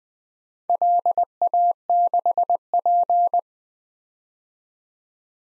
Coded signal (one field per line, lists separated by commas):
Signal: Morse code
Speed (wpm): 21 wpm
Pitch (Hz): 700 Hz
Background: none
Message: LA6P